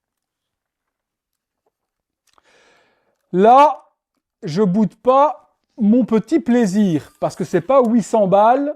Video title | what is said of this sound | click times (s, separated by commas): Une ARNAQUE ??? HCMY Iron Man Mark 3 Arc Reactor With Palladium Replica 1/1 | et quand je le mets dedans, ça vient rentrer dedans et ça se verrouille et ça s'allume. | 2.3 s, 2.4 s